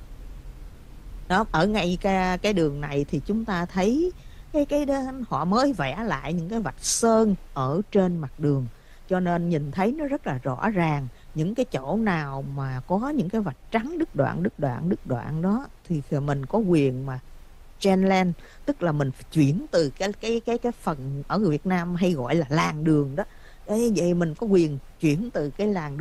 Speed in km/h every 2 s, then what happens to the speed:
27, 21, 10, 0, 0, 0, 0, 0, 0, 0, 0, 0, 0.
0-6 brakes to 0. 6-26 standing.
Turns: none.